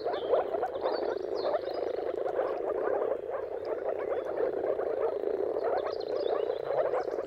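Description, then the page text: Moor frog chorus: steady, thick bubbling of many low overlapping calls without pause; a few faint bird notes sound high above. Moor frog mating calls at sunrise, turn of March and April, timing depending on weather; recorded by Jakub Orzecki. "Jakub-Orzecki moor frogs. Dawn’s Chorus: Mating Calls of Marsh Frogs at Sunrise. Depending on the weather at the turn of March and April, you can witness an amazing spectacle of moor frogs"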